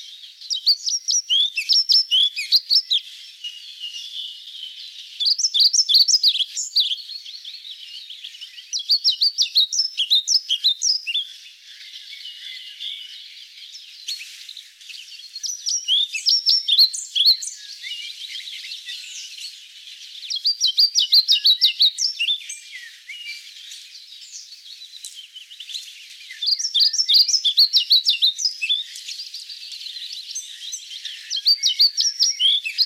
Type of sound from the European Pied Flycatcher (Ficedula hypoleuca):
song